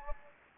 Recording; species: mosquito wingbeat signal from an infrared sensor; Anopheles gambiae